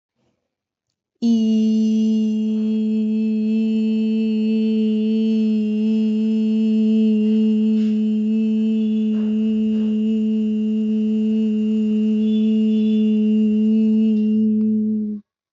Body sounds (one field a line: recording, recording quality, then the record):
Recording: sustained vowel as in beet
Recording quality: moderate, slight background noise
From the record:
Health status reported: respiratory illness, not identified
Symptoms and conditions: asthma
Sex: female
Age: 27 years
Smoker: not ticked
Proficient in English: yes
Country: India